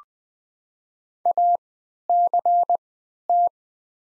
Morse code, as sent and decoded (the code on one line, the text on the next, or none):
.- -.-. -
ACT